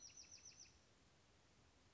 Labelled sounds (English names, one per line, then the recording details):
Bewick's Wren
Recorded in Sonoma County, California